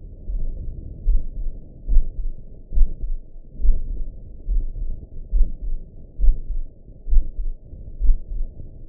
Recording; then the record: heart sounds by optical stethoscope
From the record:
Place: tricuspid valve (TV)